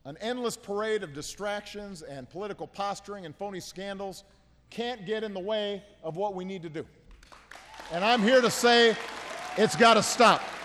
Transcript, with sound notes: An endless parade of distractions and political posturing and phony scandals can't get in the way of what we need to do. (Applause.) And I'm here to say it's got to stop.